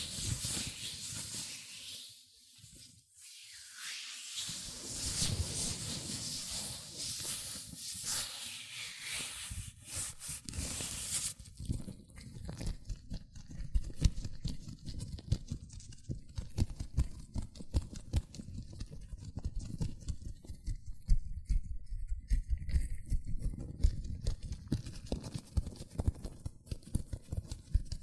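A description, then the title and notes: Hands in latex gloves rub and squeak, starting with bright, hissy rubbing strokes that pause briefly around three seconds. After about eleven seconds the sound turns duller and crackly, a dense run of small clicks and pops over low rubbing that continues to the end. ASMR Latex Gloves Hand Sounds (No Talking).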